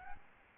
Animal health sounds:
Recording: mosquito wingbeat signal from an infrared sensor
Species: Aedes albopictus

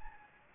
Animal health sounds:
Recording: mosquito wingbeat signal from an infrared sensor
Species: Anopheles gambiae

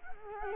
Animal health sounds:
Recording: mosquito wingbeat signal from an infrared sensor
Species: Culex quinquefasciatus

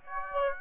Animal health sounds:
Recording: mosquito wingbeat signal from an infrared sensor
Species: Aedes aegypti

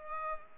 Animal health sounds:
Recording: mosquito wingbeat signal from an infrared sensor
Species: Culex pipiens

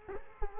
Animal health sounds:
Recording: mosquito wingbeat signal from an infrared sensor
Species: Culex quinquefasciatus

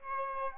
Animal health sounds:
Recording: mosquito wingbeat signal from an infrared sensor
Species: Aedes albopictus

